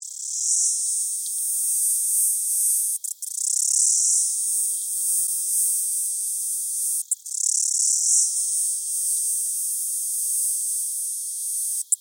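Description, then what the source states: Cicada song: a continuous high, shrill buzz, swelling and fading, broken by brief gaps about every four seconds. Cicada song from New Zealand.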